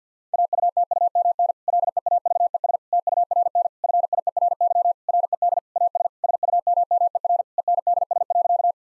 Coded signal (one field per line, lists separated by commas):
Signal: Morse code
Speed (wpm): 50 wpm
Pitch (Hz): 700 Hz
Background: none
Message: AUTUMN LEAVES TURN FIERY RED AS SUMMER ENDS.